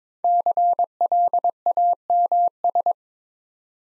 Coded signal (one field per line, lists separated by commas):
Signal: Morse code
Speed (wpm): 22 wpm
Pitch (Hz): 700 Hz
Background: none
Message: CLAMS